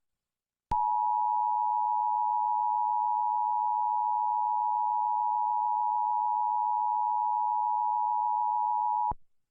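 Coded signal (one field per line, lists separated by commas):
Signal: Emergency Alert System (SAME) tones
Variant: 853 and 960 Hz attention tone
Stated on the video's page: EAS scenario, a fictional simulation.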